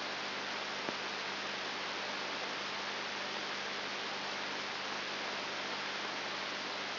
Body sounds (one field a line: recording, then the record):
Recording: brain microelectrode recording played as sound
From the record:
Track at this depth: inside the subthalamic nucleus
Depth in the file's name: 5.301 mm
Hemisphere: left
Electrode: 3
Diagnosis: Parkinson's disease